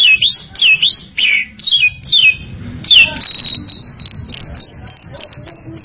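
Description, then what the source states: Bird song: a few high whistled notes sweeping down and up, then a fast, even series of short, steady high notes. Complete birdsong.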